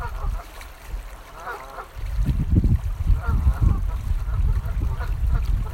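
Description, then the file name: Goose: geese honk in scattered short notes, partly masked by loud low splashing and rumbling water that swells midway through. "Geese and Water 22-03"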